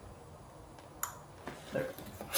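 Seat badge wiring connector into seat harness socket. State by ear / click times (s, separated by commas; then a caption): seated / 1.0 s. A seat badge wiring connector is plugged into the seat harness socket on a car seat during a G80 seat badge install in an F80. It gives a short, sharp click at 1.0 s, which shows the connector is seated, followed by softer handling noises.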